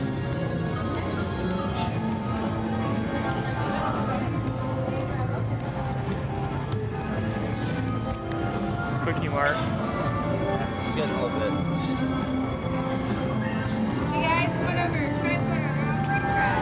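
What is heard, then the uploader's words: Crowd noise from a walk through the Universal Studios Florida theme park, a dense, steady blend of many overlapping voices with no pauses. Brief brighter sounds, like chirps or high calls, rise above the chatter around the tenth and fourteenth seconds. A Day at Universal Studios Florida. Listen as you hear us walk the park as we journey from attraction to attraction. Audio from the Universal Studios Florida theme park.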